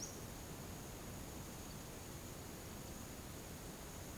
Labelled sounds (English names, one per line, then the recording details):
none
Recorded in pastures near Puerto Asís, Putumayo, Colombia, on 13 March 2025 at 12:30
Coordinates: 0.486, -76.323
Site G075